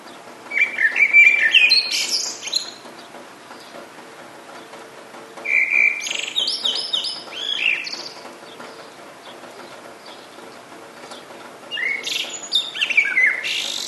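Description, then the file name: Bird song in three separate bursts of bright, twittering and whistled notes, with pauses of a few seconds between them. "zvuki peniia ptits"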